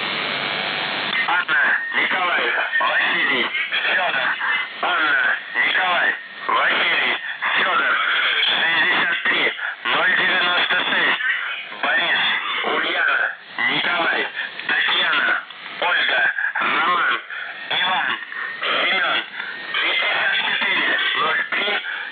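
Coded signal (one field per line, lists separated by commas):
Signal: numbers station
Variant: UVB-76, Russian voice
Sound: a Russian male voice reading code words and number groups over a narrow radio channel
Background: radio static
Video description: АНВФ АНВФ 63096 БУНТОРИС 64031602 АНВФ АНВФ 63096 БУНТОРИС 64031602 прием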